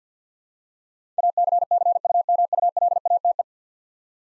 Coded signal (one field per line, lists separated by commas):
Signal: Morse code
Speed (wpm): 47 wpm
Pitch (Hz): 700 Hz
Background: none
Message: ACCUMULATE